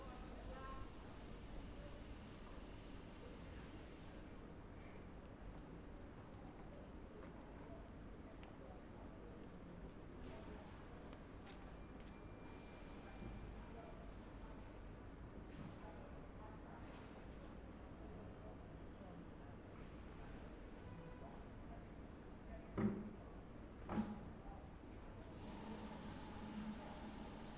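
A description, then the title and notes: Voices chatter steadily at a flower market, with people talking over a constant low rumble of traffic. The murmur stays fairly even throughout, broken by a couple of sharp knocks or clatters around 23 and 24 seconds. The Adderley Street flower market is the oldest flower market in Cape Town – a large covered alley. This recording captures the market’s morning soundscape. A customer buying freesias. Recorded by Catherine Boulle.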